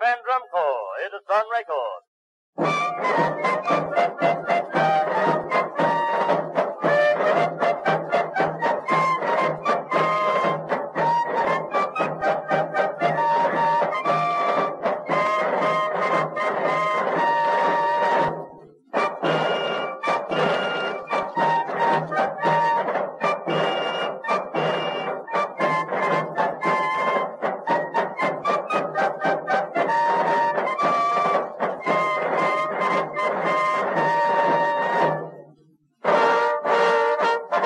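Warm instrumental music with a steady, brisk pulse of plucked notes and a bright melody over a firm low end. A brief wavering tone opens it, then the music plays densely, dropping out briefly near 19 seconds and again around 35 seconds.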